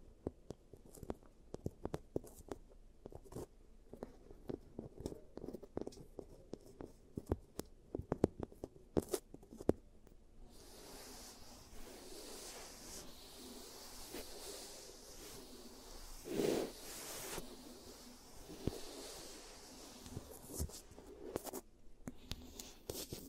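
A teeth treatment for cavities, made of many sharp clicks and scrapes scattered unevenly through the first ten seconds. After that a steady, bright hiss like a dental drill or suction takes over, with a louder scrape near sixteen seconds and a few more clicks toward the end.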